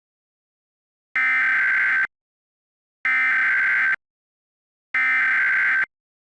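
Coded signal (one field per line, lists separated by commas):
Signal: Emergency Alert System (SAME) tones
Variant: header bursts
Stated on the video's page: Fictional April Fools EAS scenario with valid EAS tones, made with Audacity and DASDEC Kal Voice.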